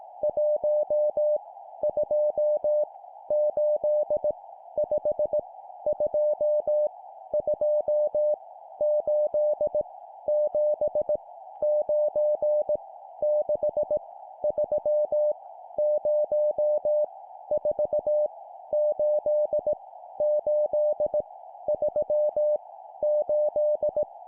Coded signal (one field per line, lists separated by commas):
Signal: Morse code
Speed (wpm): 18 wpm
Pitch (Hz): 600 Hz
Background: none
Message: 1 2 8 5 2 2 8 7 9 6 3 0 4 8 8 3 8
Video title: 17wpm Random Numbers, morse code practice